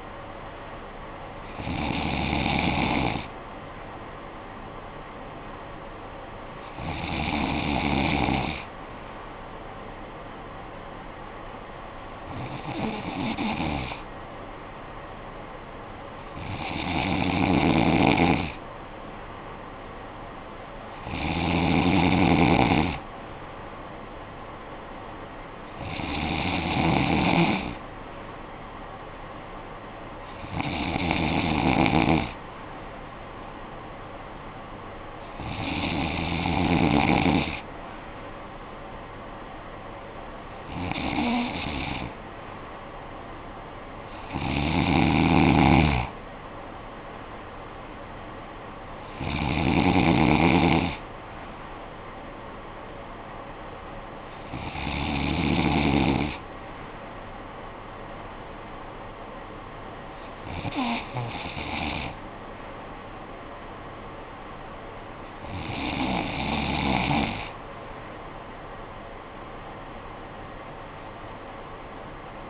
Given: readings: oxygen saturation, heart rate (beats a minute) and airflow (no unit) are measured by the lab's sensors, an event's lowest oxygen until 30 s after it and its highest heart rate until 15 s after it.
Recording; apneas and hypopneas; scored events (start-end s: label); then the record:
breathing in sleep by a voice recorder at the bedside; none
none scored
From the record:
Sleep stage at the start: N3 (deep sleep); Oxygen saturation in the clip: 94 to 95%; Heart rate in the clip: 47 to 67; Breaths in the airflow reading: 15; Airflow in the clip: -8.5 to 8.5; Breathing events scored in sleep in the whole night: 445 in 7.6 hours asleep